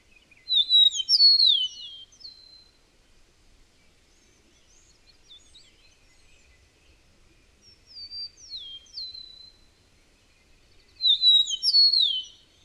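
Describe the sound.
Bird song: three high, rapid phrases of slurred whistles and twittering notes, separated by long quiet gaps.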